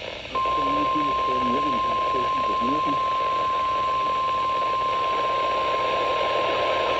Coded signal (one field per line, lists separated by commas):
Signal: Emergency Alert System (SAME) tones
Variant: 1050 Hz attention tone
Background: speech